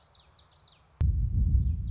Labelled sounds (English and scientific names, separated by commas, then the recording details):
Common Yellowthroat (Geothlypis trichas)
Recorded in Sonoma County, California